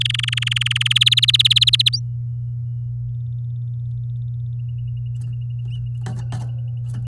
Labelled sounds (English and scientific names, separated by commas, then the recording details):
Domestic Canary (Serinus canaria) song
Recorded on 9 May 2018 at 08:54
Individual llb16